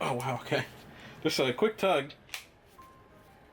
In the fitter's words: Oh, it's a nice satisfying click.